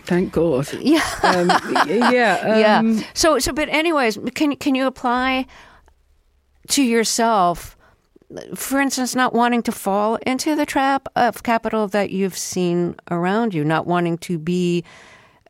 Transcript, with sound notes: Thank God.
Yeah (laughter).
Yeah.
Yeah. So - but anyways, can you apply to yourself, for instance, not wanting to fall into the trap of capital that you've seen around you, not wanting to be